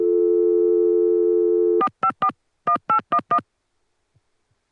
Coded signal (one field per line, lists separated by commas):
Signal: DTMF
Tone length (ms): 80 ms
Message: 454 1811